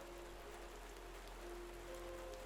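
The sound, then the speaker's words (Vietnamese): Steady rain pours down in a soft, continuous hiss with no breaks, while a faint low hum runs underneath. “Ngay lúc ấy, cơn mưa bên ngoài lại tiếp tục đổ xuống.”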